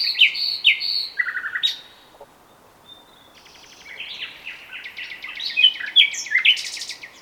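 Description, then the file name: Common nightingale singing: loud whistled notes and chips, a brief lull, then a rapid, varied rattling phrase rising to high notes. "Luscinia megarhynchos"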